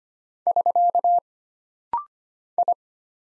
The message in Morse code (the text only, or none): <SK> I